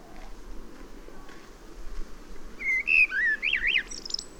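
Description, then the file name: Common blackbird: after a quiet start, a rich warbled phrase of looping fluty whistles rises and falls, then ends in thin high twittering. "Turdus merula"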